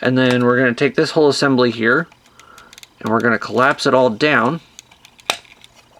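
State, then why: Seated. Someone talks while collapsing the folding body assembly of a plastic Transformers Cybertron Deluxe Class Crosswise transforming action figure down during its transformation. Soft handling clicks come between the phrases, then a loud, sharp plastic click at 5.3 s as the assembly locks into its collapsed position, seated.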